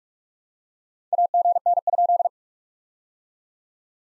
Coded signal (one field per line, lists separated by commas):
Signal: Morse code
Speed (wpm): 46 wpm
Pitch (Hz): 690 Hz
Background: none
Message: AGN?